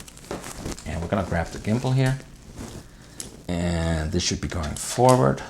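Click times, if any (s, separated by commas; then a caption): none. A camera gimbal is handled and fitted onto the underside of an IRIS+ quadcopter so it faces forward, ready to go into its plastic gimbal mount. Someone talks over soft crinkling and handling noises with a few small taps, including a sharper tap near 3.2 s. Nothing has seated or clicked yet.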